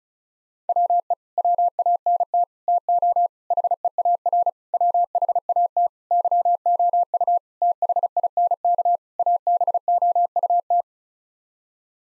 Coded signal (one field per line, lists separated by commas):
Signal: Morse code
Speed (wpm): 34 wpm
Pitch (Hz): 700 Hz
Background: none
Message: WE WANT TO HEAR WHAT YOU THINK ABOUT